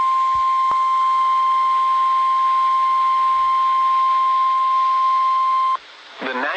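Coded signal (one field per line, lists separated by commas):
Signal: Emergency Alert System (SAME) tones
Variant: 1050 Hz attention tone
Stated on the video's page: Severe weather alert received from weather radio station WXL62.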